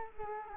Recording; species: mosquito wingbeat signal from an infrared sensor; Culex quinquefasciatus